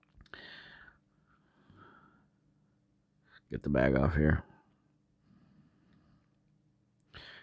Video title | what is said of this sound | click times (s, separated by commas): Hoover MAXLife Pro Pet Swivel HEPA Media Vacuum Cleaner, Bagless Upright for Pets Hair and Home | carry handle on the tank is really nice but you see you slide it down there it locks in place | 0.3 s